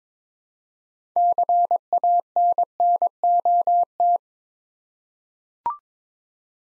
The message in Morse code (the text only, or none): CANNOT